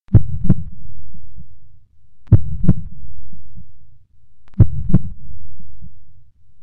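An adult heartbeat: three paired lub-dub thumps over a low rumble, very slow at about 26 beats per minute.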